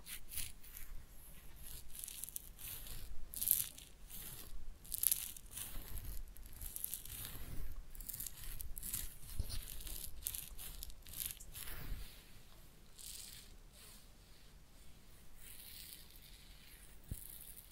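Head massage and ear cleaning, heard as dense crinkling, scratching and rubbing that keeps going throughout. Sharper crackling bursts stand out around 3 to 5 seconds and near 12 seconds, with a bright hiss over everything and a faint low rumble underneath.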